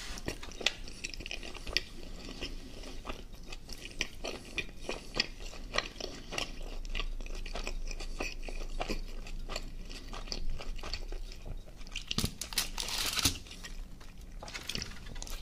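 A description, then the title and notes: Dry crunching and chewing of food, with sharp crackly bites every second or so. Around the thirteenth second a brighter fizzing hiss rises briefly, like a drink being opened or poured, before the chewing continues. Mukbang ASMR Food Döner & Coca Cola.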